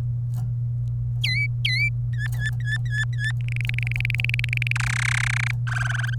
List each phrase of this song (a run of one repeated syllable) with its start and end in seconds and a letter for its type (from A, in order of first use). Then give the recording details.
1.24-1.89 A, 2.13-3.32 B, 3.40-4.72 C, 4.75-5.51 D, 5.67-6.14 E. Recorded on 27 April 2018 at 13:59. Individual llb3